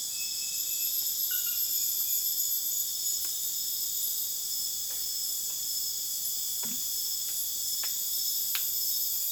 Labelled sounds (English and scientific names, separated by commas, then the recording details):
none
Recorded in dense forest near Puerto Asís, Putumayo, Colombia, on 24 June 2025 at 01:30
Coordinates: 0.484, -76.325
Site H65